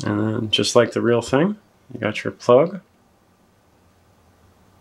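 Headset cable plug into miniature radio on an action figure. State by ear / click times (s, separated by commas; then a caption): not seated / none. Someone talks for about the first three seconds while handling the small plastic headset cable plug of a 1/6 scale Ghost Modern Warfare 2 British Bravo 0-7 Kill Or Capture action figure, about to push it into the figure's miniature radio, followed by near silence. Nothing has seated or clicked yet.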